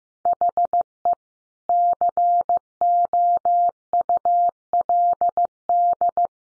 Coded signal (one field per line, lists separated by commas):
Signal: Morse code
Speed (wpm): 15 wpm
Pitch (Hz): 700 Hz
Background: none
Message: HE COULD